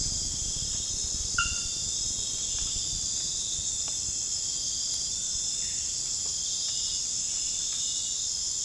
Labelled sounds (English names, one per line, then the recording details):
none
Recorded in pastures near Puerto Asís, Putumayo, Colombia, on 30 June 2025 at 02:00
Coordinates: 0.466, -76.322
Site GP07